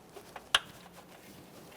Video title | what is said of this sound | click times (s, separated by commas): How to replace ABS Wheel Speed Sensor 2010-2013 Kia Forte Koup | press it in listen for a click | 0.6 s